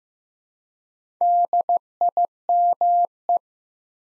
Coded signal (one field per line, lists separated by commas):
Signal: Morse code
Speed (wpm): 15 wpm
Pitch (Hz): 700 Hz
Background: none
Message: DIME